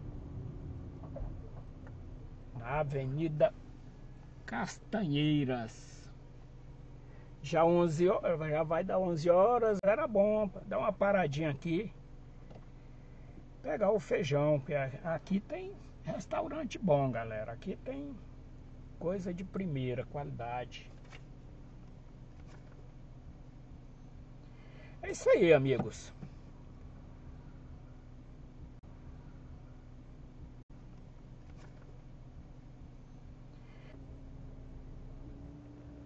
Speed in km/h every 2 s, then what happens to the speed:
5, 0, 0, 0, 0, 0, 0, 0, 0, 0, 0, 0, 0, 0, 0, 0, 0, 0.
1-36 standing.